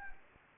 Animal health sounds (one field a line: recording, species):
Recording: mosquito wingbeat signal from an infrared sensor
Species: Anopheles gambiae